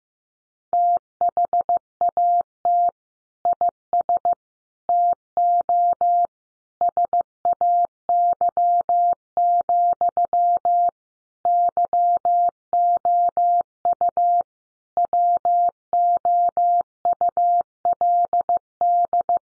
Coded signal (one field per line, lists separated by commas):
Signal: Morse code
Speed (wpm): 15 wpm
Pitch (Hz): 700 Hz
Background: none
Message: THAT IS TO SAY, YOU WOULD